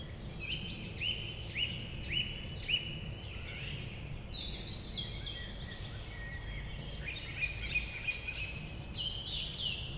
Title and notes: Rte Forestière de la Meunaz, 73100 Montcel, France - Grive musicienne. Forêt domaniale du Montcel, vaste espace forestier , fréquenté par les grives et de nombreux oiseaux. La cloche du Montcel